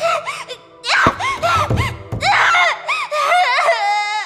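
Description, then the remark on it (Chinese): A girl, the princess An Ning, screams in loud, high-pitched, wavering bursts, over and over, while a couple of sharp thuds punctuate the struggle as she shoves the old eunuch Liang Xi and, hands shaking, tries to pull the door bolt. “安宁尖叫着推搡老太监，抖着手去拔房门木栓，梁喜扑通跪在他身后。”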